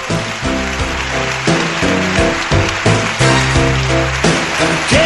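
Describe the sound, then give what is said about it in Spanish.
Steady, loud audience applause for Beatriz Argimon fills the whole stretch, a dense hiss of clapping running over upbeat music with sustained chords and a steady beat underneath. “¡Arriba ese aplauso!”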